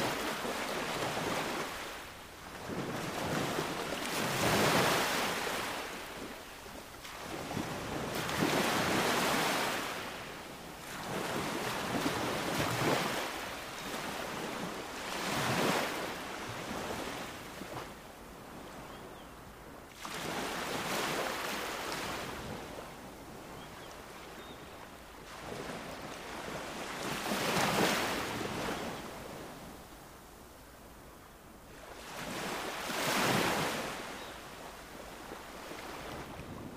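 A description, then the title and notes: Ocean waves roll in and wash out in a steady, regular rhythm, a fresh surge arriving every five or six seconds at about 5, 10, 15, 20, 28 and 33 seconds. Each break is a full, bright hiss that fades before the next, with low wind rumble underneath. Calming and relaxing ocean waves sound.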